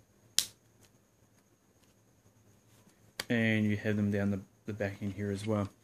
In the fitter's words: they actually click in